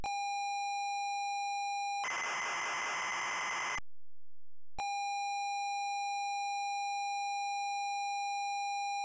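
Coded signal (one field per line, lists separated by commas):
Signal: ZX Spectrum tape loading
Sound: buzzy steady lead tone, two seconds of harsh screeching data, pause, lead tone resumes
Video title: Mad Load '89 Screen Loader ZX Spectrum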